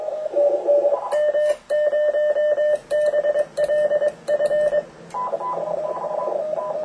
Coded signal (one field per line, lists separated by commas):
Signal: Morse code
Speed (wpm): 21 wpm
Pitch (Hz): 3000 Hz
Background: radio noise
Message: M0BLF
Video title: M0BLF CQ WW DX CW 2008